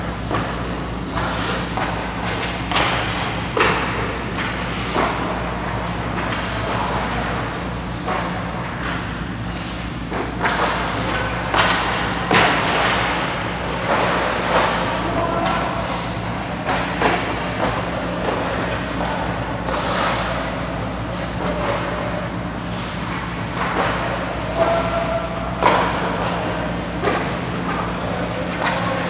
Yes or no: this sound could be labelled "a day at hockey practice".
yes